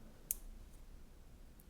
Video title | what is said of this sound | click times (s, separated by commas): Fitbit Charge 6: How to Change the Band Wrist Strap | You may not have heard it, but definitely there was a click, and this means that the band is | 0.3 s